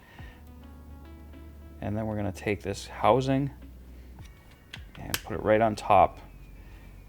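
A 3D-printed plastic housing is placed on top of the pusher switch assembly of a foam blaster while someone talks. A few small taps and clicks come before a sharp click at 5.1 s, when the housing snaps into place and seats.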